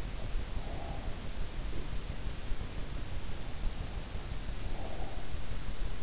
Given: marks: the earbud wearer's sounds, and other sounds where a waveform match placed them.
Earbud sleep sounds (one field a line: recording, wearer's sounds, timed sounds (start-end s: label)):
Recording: sounds in sleep by an in-ear microphone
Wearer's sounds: breath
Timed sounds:
0.16-1.57 s: breath
4.33-5.74 s: breath